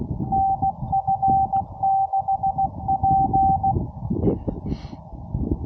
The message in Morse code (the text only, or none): NF6P